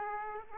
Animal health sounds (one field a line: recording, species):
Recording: mosquito wingbeat signal from an infrared sensor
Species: Aedes aegypti